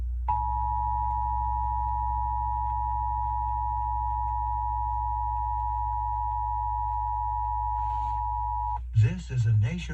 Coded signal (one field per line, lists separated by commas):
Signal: Emergency Alert System (SAME) tones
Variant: 853 and 960 Hz attention tone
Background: speech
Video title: National EAS Test on FM Radio (10/4/23)